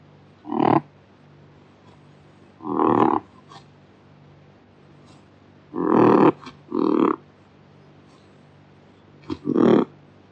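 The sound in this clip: Kakapo giving harsh, rasping squawks in irregular bursts, some paired, against a low steady background hum.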